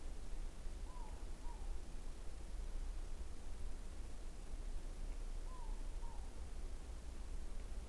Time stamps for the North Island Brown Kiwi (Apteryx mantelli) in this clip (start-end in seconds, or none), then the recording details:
none. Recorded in New Zealand on 20 November 2014. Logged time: 21:29. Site CL78